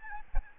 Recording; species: mosquito wingbeat signal from an infrared sensor; Aedes albopictus